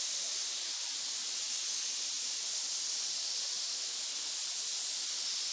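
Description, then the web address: Snakes hissing, a steady, unbroken airy rush of many overlapping hisses that holds at an even level throughout. Many snakes hissing together in a pit. "SFXBible animal-sound-effects snake-sound-effects animals-snakes-pit-of-snakes-hiss"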